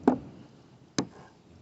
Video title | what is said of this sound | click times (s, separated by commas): jeep grand cherokee windshield wiper install | it clicks into place then we're gonna | 1.0 s